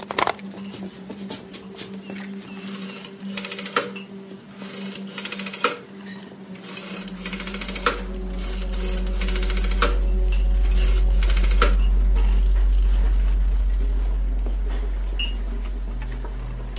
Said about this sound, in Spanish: ¿En dónde hay un teléfono? Necesito hacer una llamada. Discúlpenos, el teléfono está por ahí. El obispo Rafael corre hacia el teléfono y marca.